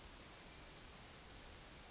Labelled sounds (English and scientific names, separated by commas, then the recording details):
Yellowhammer (Emberiza citrinella) song
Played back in forest
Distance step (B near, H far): G
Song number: 060